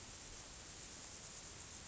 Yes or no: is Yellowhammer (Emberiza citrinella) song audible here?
no